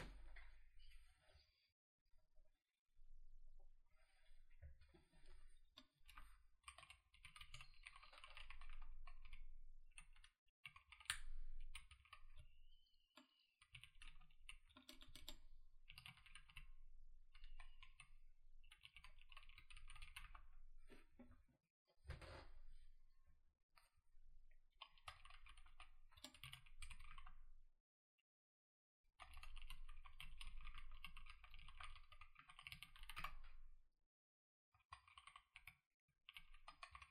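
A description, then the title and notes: Bursts of clicky mechanical keyboard typing, dense, with rapid keystrokes running in stretches of several seconds separated by short silent pauses near 3, 22 and 29 seconds. Each press has a bright click over a low thump, and occasional louder single strikes stand out. Mechanical Keyboard ASMR. This is my first ever custom mechanical keyboard. Mechanical keyboard sounds.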